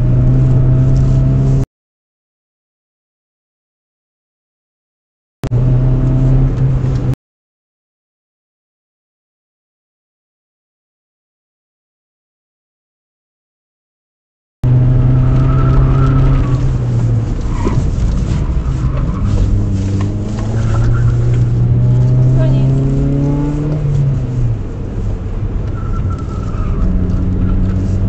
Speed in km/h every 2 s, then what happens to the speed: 57, 72, 76, 65, 50, 66, 65, 63, 45, 40, 51, 59, 53, 48.
0-4 speeds up to 76. 4-7 brakes to 50. 10-17 brakes to 40. 18-21 speeds up to 59.